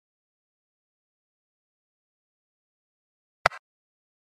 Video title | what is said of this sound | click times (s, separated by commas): Capillary blood collection: Handling the Microvette® APT 250 (ISO colour code) | take the cap and close the microfit apt with an audible click | 3.5 s